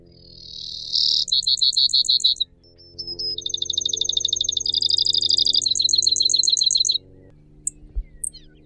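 Brewer's sparrow song: long, high trills that shift in speed and pitch from one section to the next, with a brief pause midway.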